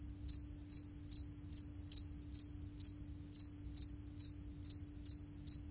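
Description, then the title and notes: House cricket chirping, clear short pulsed chirps repeated steadily a little more than twice per second, with a faint low steady hum underneath. "Simon Elliott - House-cricket"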